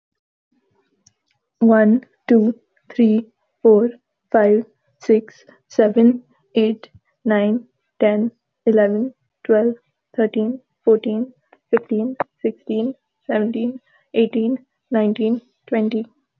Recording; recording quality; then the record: counting at a normal pace; excellent, no background noise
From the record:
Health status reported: healthy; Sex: female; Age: 22 years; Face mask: not worn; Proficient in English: yes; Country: India